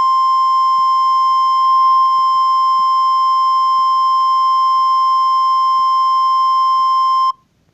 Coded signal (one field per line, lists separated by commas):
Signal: Emergency Alert System (SAME) tones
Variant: 1050 Hz attention tone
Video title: EAS SCENARIO 1= nightmare decrane and reverse victora